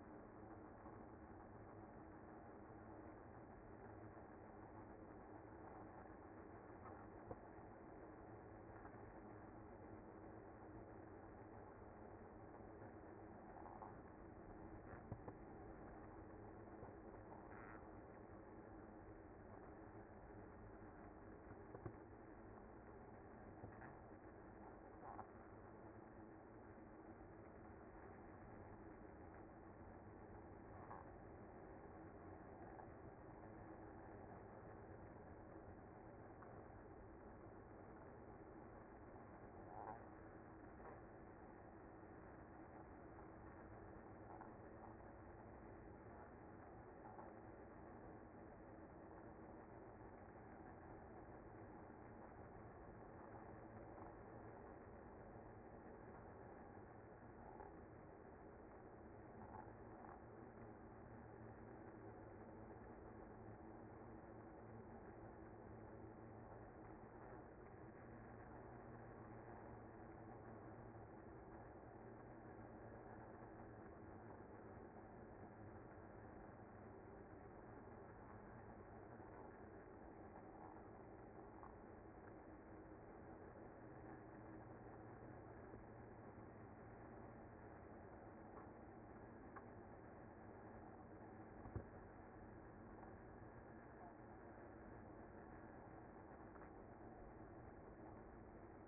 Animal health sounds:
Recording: honeybee colony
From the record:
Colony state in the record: active

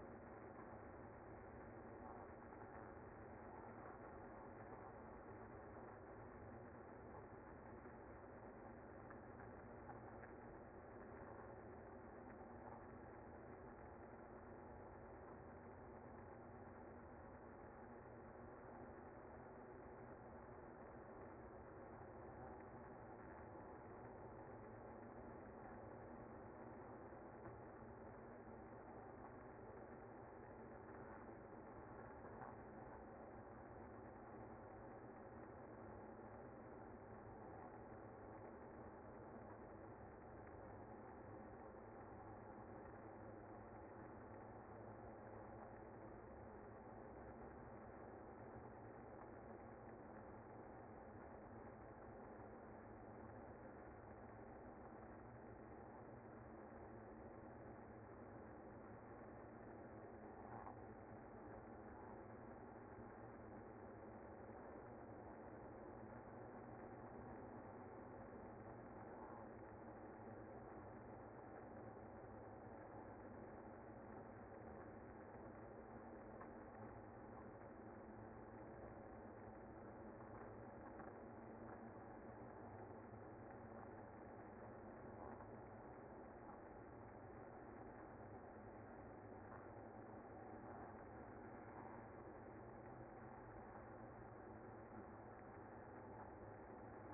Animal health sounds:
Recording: honeybee colony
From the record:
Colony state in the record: active

